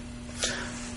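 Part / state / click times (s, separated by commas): pliers movable jaw into its ridged pivot track / seated / 0.4 s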